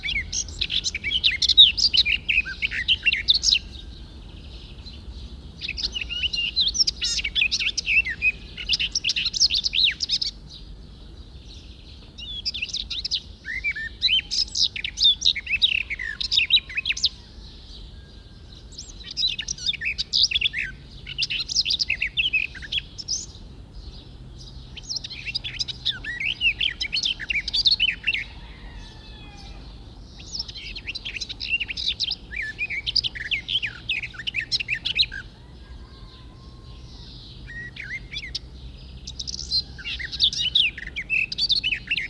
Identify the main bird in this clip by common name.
Garden Warbler